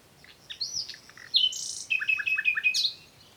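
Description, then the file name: Common nightingale singing one varied phrase: soft chirps swelling into a buzzy note, then a quick run of repeated liquid notes ending in a sharp flourish. "Luscinia megarhynchos"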